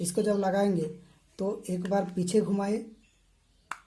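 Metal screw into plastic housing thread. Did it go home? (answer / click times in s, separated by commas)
yes / 3.7 s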